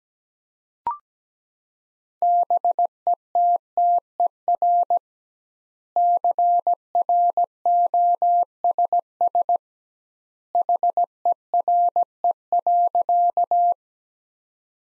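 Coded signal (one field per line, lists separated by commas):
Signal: Morse code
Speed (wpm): 17 wpm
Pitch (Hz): 700 Hz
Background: none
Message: BETTER CROSS HERE.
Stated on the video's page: Morse sentence practice built from the top 400 words at 17 wpm, with twice the standard word spacing, similar to Farnsworth.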